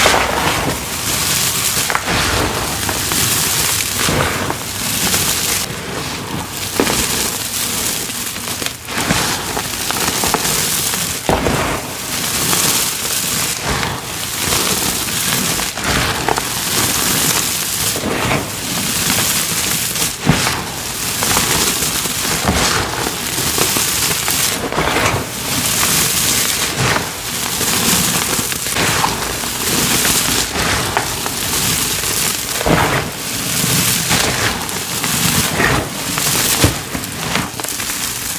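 Powder being pressed, crumbled and stirred, with a dense, bright, gritty crunch that runs continuously for the whole clip. Sharper crackles and soft thuds break through every second or so, while the overall loudness stays steady.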